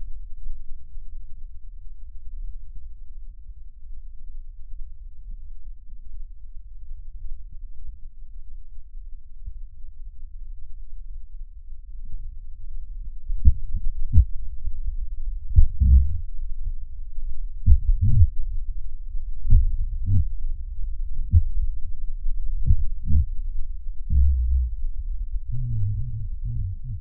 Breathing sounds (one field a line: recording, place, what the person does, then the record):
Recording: lung sounds by stethoscope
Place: left posterior apical chest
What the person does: quiet breathing, then cough and speech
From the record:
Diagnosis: pulmonary infection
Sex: male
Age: 69 years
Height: 184 cm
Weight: 115 kg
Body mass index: 34.0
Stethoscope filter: bell mode